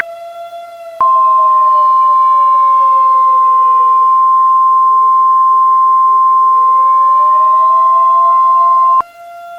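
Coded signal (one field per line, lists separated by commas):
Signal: Emergency Alert System (SAME) tones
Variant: 1050 Hz attention tone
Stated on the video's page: Recreated tornado warning alert, not a live activation; the original used an unknown character generator/encoder.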